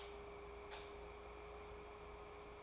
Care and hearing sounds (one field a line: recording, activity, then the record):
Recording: daily activity, microphone in the room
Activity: light off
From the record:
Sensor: 1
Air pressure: 1010.3 hPa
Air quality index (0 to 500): 171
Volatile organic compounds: 12 ppm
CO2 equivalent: 2355 ppm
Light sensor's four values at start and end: 52/141/57/71 and 49/128/53/66